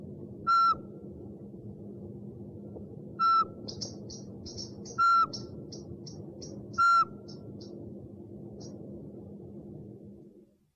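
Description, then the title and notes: Owl call of four short piping whistles, irregularly spaced, with a run of rapid high chirps from the second whistle onward over a low rumble. One of 69 call variants from 11 owl species. "Sovy - Eulen - Owls. 69 variant hlasů - 11 druhů sov"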